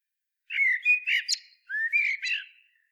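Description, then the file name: Eurasian blackbird delivering two short phrases of warbled, fluting whistles, the first ending in a high squeak; clean background. "Turdus merula"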